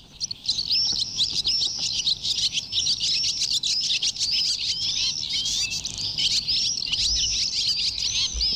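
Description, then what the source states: Barn swallows twittering, a rapid chatter of high chirps and short warbled notes running continuously, with faint low background noise. Recorded in May.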